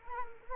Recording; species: mosquito wingbeat signal from an infrared sensor; Culex quinquefasciatus